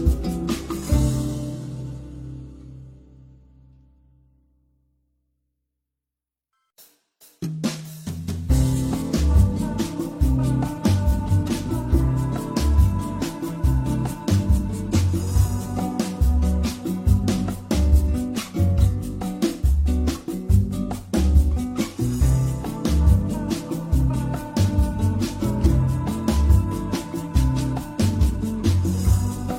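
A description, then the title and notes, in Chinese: Background music in a café. A sustained chord rings out and fades to silence by about five seconds, then after a brief pause a steady, busy piece starts near seven seconds, with a regular low bass pulse and bright, quick percussive ticks continuing to the end. 西西弗咖啡馆听着美妙的背景音乐。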